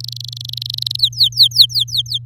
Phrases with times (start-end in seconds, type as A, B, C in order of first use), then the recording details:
0.00-1.00 A, 1.02-2.18 B. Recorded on 6 May 2018 at 05:38. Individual llb16